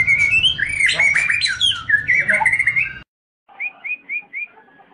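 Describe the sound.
Oriental magpie-robin song: loud, varied whistles and harsh squawky notes for three seconds, a short silence, then four quick rising whistled notes.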